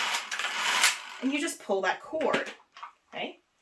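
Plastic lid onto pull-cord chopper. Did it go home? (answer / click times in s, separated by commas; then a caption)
no / none. Someone talks while handling the plastic lid of a pull-cord chopper after pulling its cord, with bursts of rattling, whirring noise in the first second. The lid has not yet been locked back in, and nothing has seated or clicked yet.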